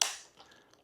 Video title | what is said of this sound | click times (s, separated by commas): Review Shark NV360 Navigator Lift-Away Deluxe Upright Vacuum with Large Dust Cup Capacity, HEPA Filt | so again listen for the click | 0.0 s